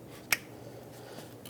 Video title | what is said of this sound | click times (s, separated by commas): How to Replace Water Pump 2006-2011 Honda Civic | reinstall this four pin connector on the alternator make sure it clicks and put that rubber boot back over | 0.3 s